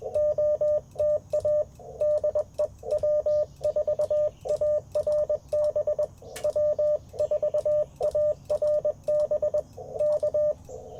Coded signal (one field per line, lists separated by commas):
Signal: Morse code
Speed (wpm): 20 wpm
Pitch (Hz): 600 Hz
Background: radio noise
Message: OTA DE W4ARB W4ARB K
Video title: Morning Morse Code - 09/17/2024